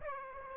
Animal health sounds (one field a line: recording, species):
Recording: mosquito wingbeat signal from an infrared sensor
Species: Aedes aegypti